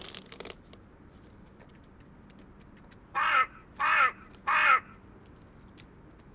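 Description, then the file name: Hooded crow giving three loud, hoarse caws in quick succession after a quiet stretch with a few faint clicks and taps. Subspecies Corvus cornix cornix. "Hooded Crow - Corvus cornix cornix PILKOJI VARNA"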